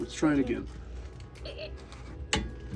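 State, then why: Torque reached. A click-type torque wrench set to 50 ft-lb is pulled on the front wheel hub nut of a 1966 Volvo Amazon while someone talks. A sharp, loud click sounds at 2.3 s, confirming the wrench clicked at its setting, and the nut also tightened a little.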